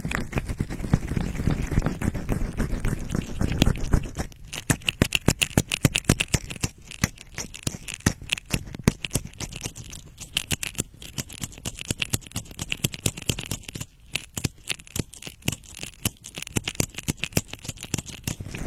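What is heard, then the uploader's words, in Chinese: Ear massage sounds. For the first four seconds a deep, muffled rubbing fills the sound, then it gives way to rapid, crisp crackling and tapping that runs densely and unevenly to the end, with brief quieter gaps. 耳朵按摩。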